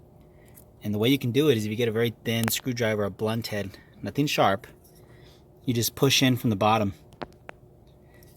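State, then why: Seated. Someone talks, then a thin blunt-headed screwdriver pushes a plastic ignition coil wiring connector onto the coil pack of a 2005 E55 AMG from the bottom. Sharp clicks sound at 7.2 s and 7.5 s as the locking tab catches, and the connector is seated.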